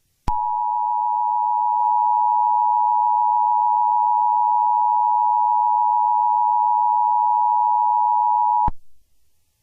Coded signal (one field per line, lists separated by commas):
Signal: Emergency Alert System (SAME) tones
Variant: 853 and 960 Hz attention tone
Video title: EAS Scenario #17: Zombie Dilophosaurus (The Zombified Radioactive Dinosaur)